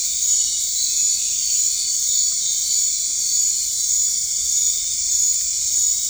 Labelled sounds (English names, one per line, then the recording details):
none
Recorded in dense forest near Puerto Asís, Putumayo, Colombia, on 19 March 2025 at 21:00
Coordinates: 0.485, -76.318
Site G056